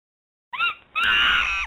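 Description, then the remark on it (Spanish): Monkeys screaming in Professor Smekler's laughter laboratory in shrill, piercing bursts: a short wavering cry, a brief dip, then a louder sustained chorus of high shrieks that continues to the end. “Queridos monos... ¡Callaos! ¡Callaos! ¡Callaos!”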